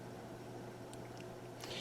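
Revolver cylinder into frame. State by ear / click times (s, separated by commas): seated / 1.6 s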